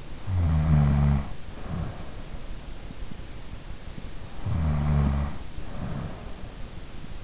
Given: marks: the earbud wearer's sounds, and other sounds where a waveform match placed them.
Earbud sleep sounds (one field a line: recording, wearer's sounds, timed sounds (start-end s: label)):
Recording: sounds in sleep by an in-ear microphone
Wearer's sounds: snoring breath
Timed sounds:
0.00-2.66 s: snoring breath
4.29-6.72 s: snoring breath